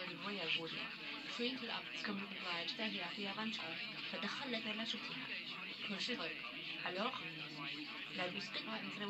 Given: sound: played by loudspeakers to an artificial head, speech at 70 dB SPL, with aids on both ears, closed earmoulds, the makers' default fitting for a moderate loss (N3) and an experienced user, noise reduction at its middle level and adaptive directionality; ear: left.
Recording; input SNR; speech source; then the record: speech test signal (ISTS) in cocktail-party noise; +6 dB; on the right (90 degrees)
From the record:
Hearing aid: class 1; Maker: D